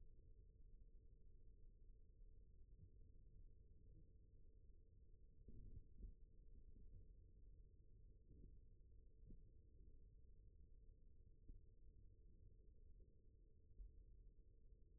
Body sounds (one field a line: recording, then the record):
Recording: forearm muscle sounds (acoustic myography)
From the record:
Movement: rest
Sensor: system 1, eight BSWA MPA416 microphones around the upper forearm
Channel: 1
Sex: male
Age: 41 years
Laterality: right